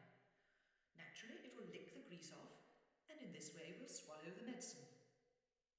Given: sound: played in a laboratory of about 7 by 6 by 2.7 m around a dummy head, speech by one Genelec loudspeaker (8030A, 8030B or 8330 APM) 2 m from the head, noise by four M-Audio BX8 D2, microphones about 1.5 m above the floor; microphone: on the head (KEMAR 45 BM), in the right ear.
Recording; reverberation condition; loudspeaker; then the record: female speech in English; high; 60 degrees to the right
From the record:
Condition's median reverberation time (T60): about 1300 ms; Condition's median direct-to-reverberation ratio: about -4.0 dB